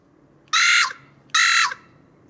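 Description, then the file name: Carrion crow giving two harsh, raspy caws, each about a third of a second long, spaced under a second apart, against a quiet background. "Corvus corone"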